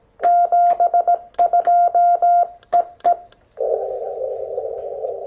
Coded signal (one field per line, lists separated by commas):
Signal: Morse code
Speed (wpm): 18 wpm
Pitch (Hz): 700 Hz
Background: none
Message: 72 EE